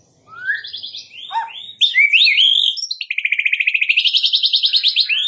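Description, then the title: White-rumped shama singing rising whistles and quick slurred notes, then launching into a long, fast, rolling trill that carries to the end. Training (masteran) white-rumped shama song in the full 'ngerol' rolling style with 'nembak' sharp shooting notes. "Masteran Murai Batu Full Ngerol Nembak"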